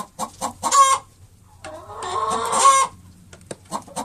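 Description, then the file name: Chicken clucks, then a long drawn-out harsh squawk lasting about a second, followed by softer clucks. Hen; sound made when laying an egg. "spawning sound hen"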